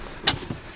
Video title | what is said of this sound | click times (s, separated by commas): Toyota/Vivaro Handover video | position so pop the two catches down until you hear them click and lock and just check the seat is rigidly fixed in place before you drive off | 0.3 s